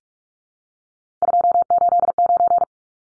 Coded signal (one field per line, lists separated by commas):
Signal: Morse code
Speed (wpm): 44 wpm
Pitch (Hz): 700 Hz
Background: none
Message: 289